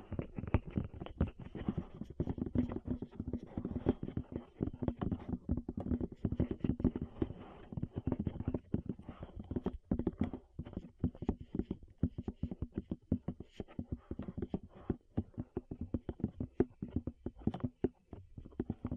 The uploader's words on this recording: ASMR Tap Your Ears 3Dio (No Talking).